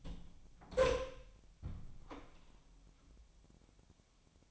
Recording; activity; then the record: daily activity, microphone in the room; open door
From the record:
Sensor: 1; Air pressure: 1007.2 hPa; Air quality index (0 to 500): 201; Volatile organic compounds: 21 ppm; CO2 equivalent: 2714 ppm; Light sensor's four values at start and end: 13/32/13/15 and 13/34/13/15